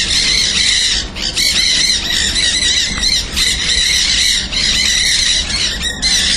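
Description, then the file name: Nanday parakeet calls, a dense chorus of grating, raucous squawks in bursts separated by short breaks. Recorded on 19 June 2010. "Nandayus-nenday 2010-06-19 RECS Jorge-La-Grotteria"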